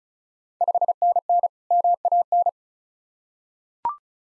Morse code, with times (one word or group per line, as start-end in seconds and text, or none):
0.6-1.5 5NN
1.7-2.5 MAN